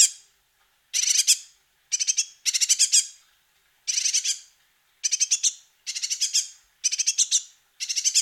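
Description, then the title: Great tit nestlings calling in rapid, hissing bursts of high rasping notes, clustered in pulses about once a second with brief pauses between. Chicks. "Sylvain Jaskowiak - Mes piafs. Mésange charbonnière - Poussins"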